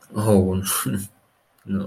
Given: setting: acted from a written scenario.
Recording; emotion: vocal sound without words; negative surprise